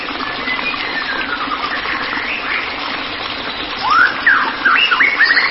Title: Kicau Murai Batu